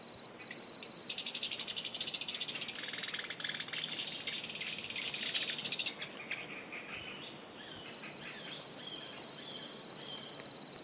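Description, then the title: Bird song: a dense, rapid burst of high chattering trills lasting several seconds, then quieter scattered notes with a thin steady high whistle running underneath. "LuckyPassaro"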